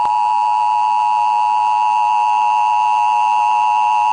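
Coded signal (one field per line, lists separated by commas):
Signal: Emergency Alert System (SAME) tones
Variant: 853 and 960 Hz attention tone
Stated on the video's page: Real Emergency Broadcast System test aired on a television station in NY/PA, 1996.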